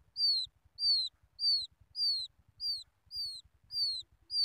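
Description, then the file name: Quail chick calling with high, downward-sliding whistled peeps, repeated steadily about every 0.6 seconds. Quail chick calling its mother. "tieng cut con goi me"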